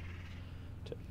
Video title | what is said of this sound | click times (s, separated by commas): CMH Heli Backcountry Snowboarding with Burton Black Diamond Compactor Poles – Review | then you just pull on this tube, and it causes the pole to straighten up, and this little snap to snap in place. | 0.9 s